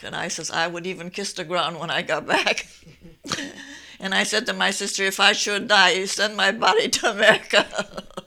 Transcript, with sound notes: And I says I would even kiss the ground when I got back. ( she laughs ) And I said to my sister, "If I should die, send my body to America."